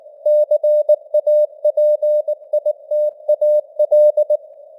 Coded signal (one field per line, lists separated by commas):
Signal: Morse code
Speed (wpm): 18 wpm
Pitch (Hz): 600 Hz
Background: none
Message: CAPITAL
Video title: Morse Code News | 2025-12-01 | 19wpm